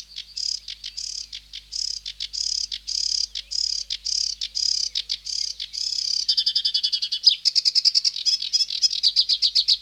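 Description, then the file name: Sedge warbler song: harsh churring notes at first, then speeding into a fast, rattling trill of dry chattering elements. "Sedge Warbler (Acrocephalus schoenobaenus)"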